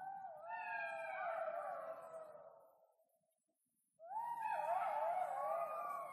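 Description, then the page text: Golden jackals howling together, several wavering, falling wails overlapping for about three seconds, a brief silence, then a second burst of quavering, warbling howls. "Šakal zlatý (Canis aureus) - Forestschools.eu"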